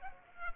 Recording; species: mosquito wingbeat signal from an infrared sensor; Culex pipiens